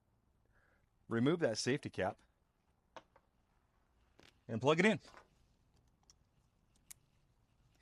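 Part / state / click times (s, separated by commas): AC cable connector into solar microinverter / seated / 6.9 s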